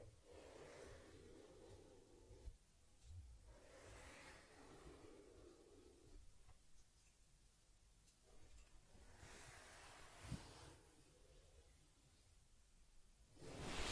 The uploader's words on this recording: ASMR Taking Care of Teddy Head Massage, Facial Cleansing, Fur Combing and Ear Cleaning(No Talking).